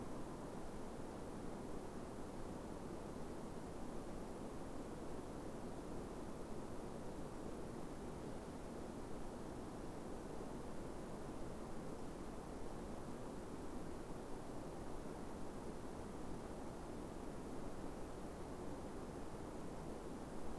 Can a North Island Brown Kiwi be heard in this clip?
no